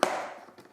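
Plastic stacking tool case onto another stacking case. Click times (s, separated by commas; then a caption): 0.0 s. The plastic storage case of a DeWalt cordless angle grinder is stacked onto another stacking case, where it fits in and clips on so the cases can be stacked and locked in place in a vehicle without moving. A sharp plastic snap sounds at 0.0 s as the case seats, followed by a fading ring and a faint softer knock around 0.6 s.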